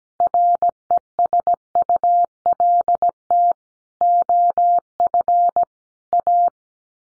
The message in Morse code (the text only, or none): RESULT OF A